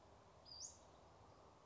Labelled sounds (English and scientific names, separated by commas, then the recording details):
Western Flycatcher (Empidonax difficilis)
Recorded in Sonoma County, California